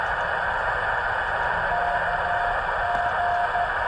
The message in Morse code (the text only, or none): KG